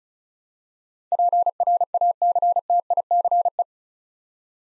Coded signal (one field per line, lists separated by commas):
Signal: Morse code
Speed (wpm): 36 wpm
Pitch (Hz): 700 Hz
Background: none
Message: PRACTICE